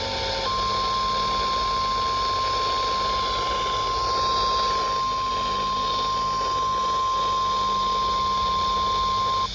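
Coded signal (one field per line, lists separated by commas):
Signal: Emergency Alert System (SAME) tones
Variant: 1050 Hz attention tone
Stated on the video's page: NOAA Weather Radio Required Weekly Tests.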